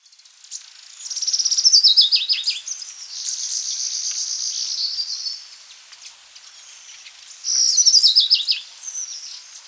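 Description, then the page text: Rufous-winged fulvetta song: high thin twittering phrases with a descending stepped series of notes, a sustained buzzy trill, then a repeat of the descending phrase. "Rufous-Winged Fulvetta Calls and Song. Quick Sounds"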